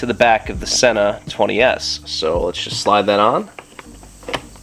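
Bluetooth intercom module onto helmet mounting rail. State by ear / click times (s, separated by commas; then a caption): not seated / none. Someone talks while a plastic Sena 20S Bluetooth intercom module is slid by hand onto the plastic mounting rail clamped to an HJC CL-17 motorcycle helmet. Brief sharp handling sounds come near 3.8 s and 4.3 s. The clip ends before the module goes home, so nothing has seated or clicked yet.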